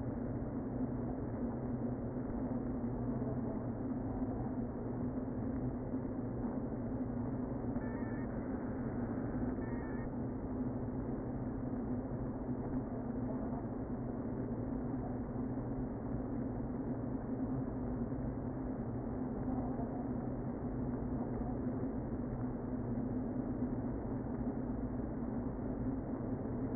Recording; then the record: honeybee colony, microphone inside the hive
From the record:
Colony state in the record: queen present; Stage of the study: before two queens were removed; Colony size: about 60,000 bees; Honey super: yes